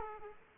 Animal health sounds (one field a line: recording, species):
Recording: mosquito wingbeat signal from an infrared sensor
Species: Aedes aegypti